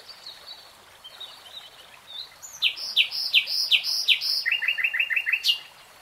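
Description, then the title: Nightingale song opening with soft thin whistles, then a series of loud, sharply descending chirps followed by a fast stuttering run of lower notes. Singing in real time. "[Tiếng chim hót] Nightingale Singing"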